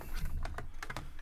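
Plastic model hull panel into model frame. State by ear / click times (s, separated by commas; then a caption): seated / 0.8 s. A plastic hull panel section of a Fanhome Millennium Falcon scale model kit is pressed into its mating slot in the model frame, producing a series of short, sharp plastic ticks and taps. The panel clicks into place at 0.8 s and is seated.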